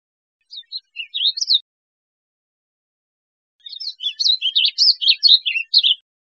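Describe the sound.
Warbling vireo song: a short burst of warbled, rising and falling notes, a pause of two seconds, then a longer, rambling, fast warble of rich slurred notes.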